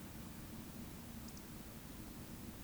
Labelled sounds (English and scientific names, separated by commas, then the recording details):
Eurasian Woodcock (Scolopax rusticola) whistle
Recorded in Baden-Württemberg, Germany, on 14 May 2021 at 19:38 UTC
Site 25175, 602 m above sea level